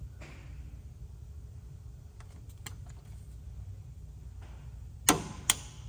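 A click-type torque wrench set to 30 Nm tightens a spark plug into the cylinder head of a Porsche 991 C4S / 997 flat-six engine. After faint ticks around 2.2–2.9 s, the wrench gives two sharp clicks at 5.1 s and 5.5 s, confirming the plug has reached its 30 Nm setting.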